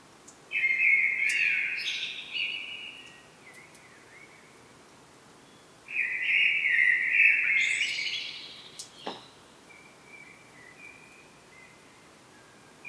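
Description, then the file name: Common blackbird song: two flute-like phrases, each finishing in a shrill twitter, followed by a long pause with a faint thin note. "Turdus merula"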